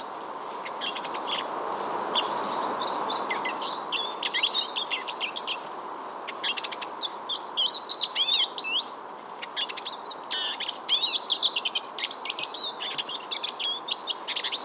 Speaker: So at the last sight there, I had a lovely male Eurasian siskin, full song.